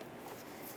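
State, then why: Not seated. A locking rod is pushed through the plastic mounting hoop on the other side of the intake manifold of a 2008–2010 Ford F250 Super Duty 5.4L V8. It is repeating the first side, which was heard clicking. A low, steady handling noise runs until a brief louder burst at the very end, but nothing has seated or clicked yet.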